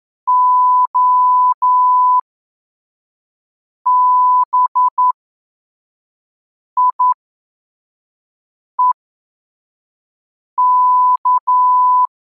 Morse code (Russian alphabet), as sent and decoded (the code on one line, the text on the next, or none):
--- -... .. . -.-
ОБИЕК